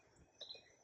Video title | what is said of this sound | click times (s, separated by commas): Sturdy Freedom - Strong Support - Foldable Roller Walker - by Votohrt | then it locks into place. | 0.4 s